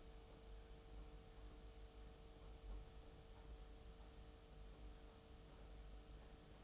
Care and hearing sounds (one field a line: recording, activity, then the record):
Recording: daily activity, microphone in the room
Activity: make coffee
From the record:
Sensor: 1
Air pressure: 991.7 hPa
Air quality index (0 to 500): 169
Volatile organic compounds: 1000 ppm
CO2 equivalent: 6374 ppm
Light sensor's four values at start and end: 33/109/42/44 and 33/109/42/44